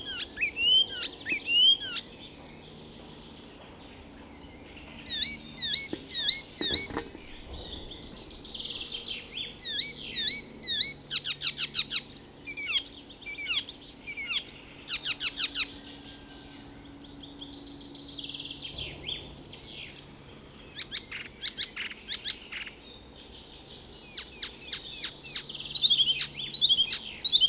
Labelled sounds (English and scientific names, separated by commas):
Icterine Warbler (Hippolais icterina) song